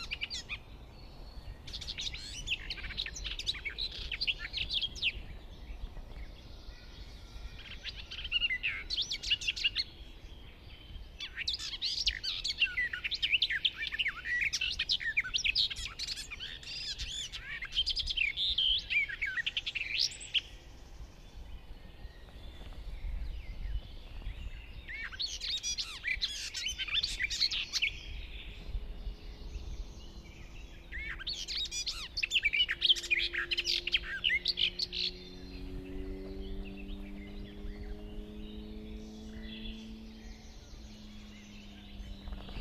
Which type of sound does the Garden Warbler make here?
song